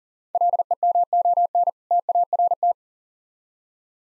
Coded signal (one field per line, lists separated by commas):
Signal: Morse code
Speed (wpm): 40 wpm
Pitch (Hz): 700 Hz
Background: none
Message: LEMON TART